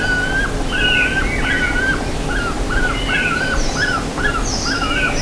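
Bird calls: clipped whistled notes that bend down at the end, repeated in a steady series, with scattered higher chirps and a constant low hum behind.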